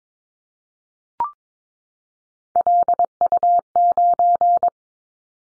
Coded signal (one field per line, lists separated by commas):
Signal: Morse code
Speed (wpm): 22 wpm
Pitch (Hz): 700 Hz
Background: none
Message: LU9